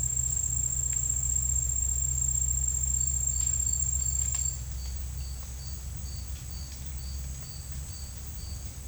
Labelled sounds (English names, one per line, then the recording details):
none
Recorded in dense forest near Puerto Asís, Putumayo, Colombia, on 12 March 2025 at 11:30
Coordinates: 0.484, -76.317
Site G064